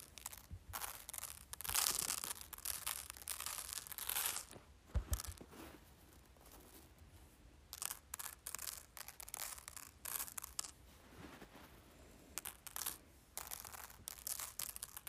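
Rice is handled and shifted, giving dense, gritty rustling in bursts that swell and fade over the whole stretch. The busiest pouring and crunching comes in the first four seconds, then quieter sifting is broken by short bright surges around 8, 10 and 13 seconds.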